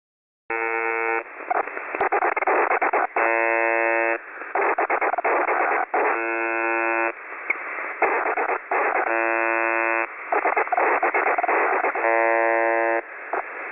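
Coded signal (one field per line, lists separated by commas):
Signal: channel marker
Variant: UVB-76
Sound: harsh buzz of about one second repeating every two seconds between hissy noise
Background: radio static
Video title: (Old video) weird noise from uvb 76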